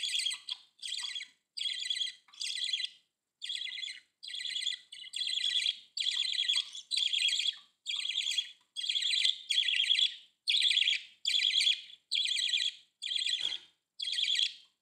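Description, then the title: Budgerigar calls: a steady series of buzzy, grating chirps, roughly one every second, each note rasping and warbled, kept up throughout. "Budgie Sounds"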